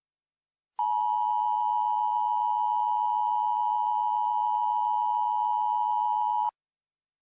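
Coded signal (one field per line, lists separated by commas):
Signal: Emergency Alert System (SAME) tones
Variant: 853 and 960 Hz attention tone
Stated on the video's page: Mock EAS alert, a fictional recreation voiced by its creator.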